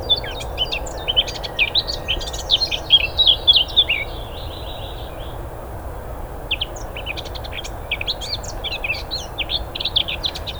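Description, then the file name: Eurasian blackcap song, fast chattering warble with a brief clearer whistled run, a pause, then another burst of quick chirps. "Sylvia atricapilla"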